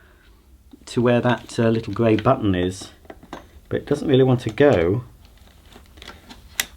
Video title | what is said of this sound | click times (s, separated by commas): Goblin Essentials Corded Stick Vacuum Unboxing & Demonstration | oh oh that's it it has I heard a slight click so that yeah there we go | 6.6 s